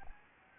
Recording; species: mosquito wingbeat signal from an infrared sensor; Anopheles gambiae